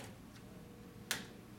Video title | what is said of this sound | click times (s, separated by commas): Digital Camera Setup on Seiler Microscope | so that it fits firmly and then just rotate until it snaps | 1.1 s